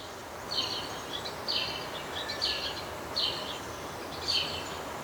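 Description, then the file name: House sparrow cheeping: five rough chirps at irregular spacing over a steady noisy background. "Passer domesticus"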